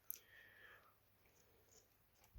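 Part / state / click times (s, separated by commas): case front-panel pin connector onto motherboard pin header / seated / 0.1 s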